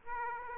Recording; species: mosquito wingbeat signal from an infrared sensor; Aedes aegypti